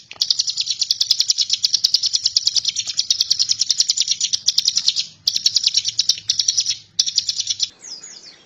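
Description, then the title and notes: Bar-winged prinia delivering a long, rapid buzzy trill of high notes with short breaks, ending in a few softer twittering notes. Song style called ngebren, an excited rapid trill, presented as a tutor recording for training White-rumped shama songbirds. "Ciblek Ngebren Untuk Masteran Murai Batu. Suara burung ciblek"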